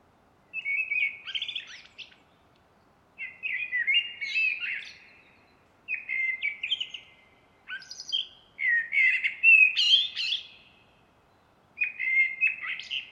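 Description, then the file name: Common blackbird singing: several mellow fluted phrases mixed with higher squeaky twitters, separated by short pauses. "Turdus merula"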